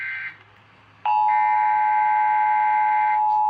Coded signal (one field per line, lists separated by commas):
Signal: Emergency Alert System (SAME) tones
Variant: 853 and 960 Hz attention tone